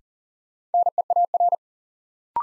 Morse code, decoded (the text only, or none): NEAR